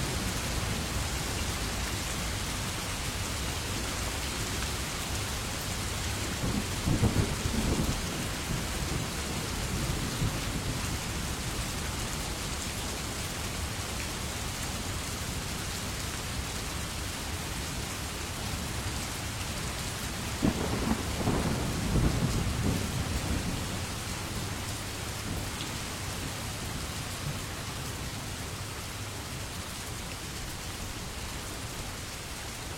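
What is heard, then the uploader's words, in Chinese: Rain falls in a steady, dense hiss that fills the whole clip without letup. Low rumbles of thunder roll in twice, around seven seconds and again near twenty-one seconds, each swelling briefly before fading back under the rain. 大自然声音助眠：雨声。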